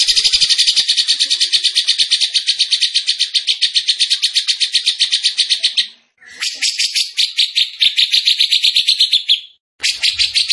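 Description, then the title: Bird song made of long, rapid rattling trills of harsh notes, broken by two brief pauses before starting again. Bird singing energetically (gacor), used for masteran training, Indonesia. "Masteran Burung Tembakan Gacor"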